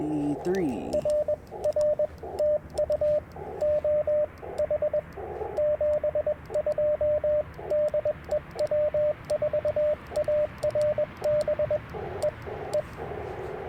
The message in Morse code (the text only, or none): RR TU OH 72 DE W4ARB E E